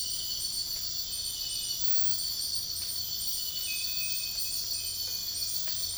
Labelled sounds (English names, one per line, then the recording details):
none
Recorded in dense forest near Puerto Asís, Putumayo, Colombia, on 13 March 2025 at 04:00
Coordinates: 0.484, -76.325
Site G045